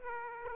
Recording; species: mosquito wingbeat signal from an infrared sensor; Aedes aegypti